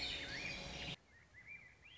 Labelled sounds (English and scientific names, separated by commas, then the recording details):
Swainson's Thrush (Catharus ustulatus)
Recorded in Sonoma County, California